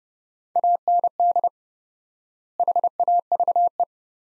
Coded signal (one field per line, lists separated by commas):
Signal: Morse code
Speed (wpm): 30 wpm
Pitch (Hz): 700 Hz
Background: none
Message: AND HAVE